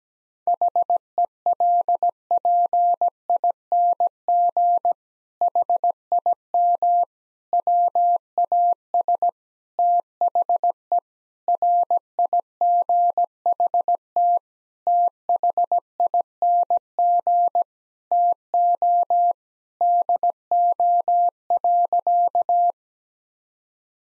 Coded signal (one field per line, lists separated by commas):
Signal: Morse code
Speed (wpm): 17 wpm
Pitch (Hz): 700 Hz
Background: none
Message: HELPING HIM WAS THE RIGHT THING TO DO.